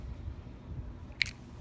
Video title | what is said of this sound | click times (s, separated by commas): Pile Driver Carbon-express Crossbow review | and then you just unlock it | 1.2 s